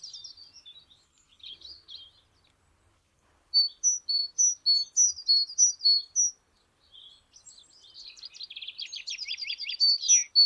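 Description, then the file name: Great tit giving a steady series of two-note whistled phrases, alternating high and low, followed by a fast buzzy trill growing louder. "Parus major"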